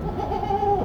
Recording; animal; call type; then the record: contact call of a hoofed animal; goat; low-frequency (closed-mouth) or high-frequency (open-mouth) call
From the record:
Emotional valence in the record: positive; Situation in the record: food anticipation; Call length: 0.85 s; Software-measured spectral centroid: 1230 Hz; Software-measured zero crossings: 1210 a second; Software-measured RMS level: -24 dBFS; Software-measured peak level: -11 dBFS